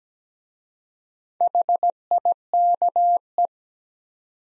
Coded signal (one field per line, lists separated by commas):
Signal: Morse code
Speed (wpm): 17 wpm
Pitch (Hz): 700 Hz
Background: none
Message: HIKE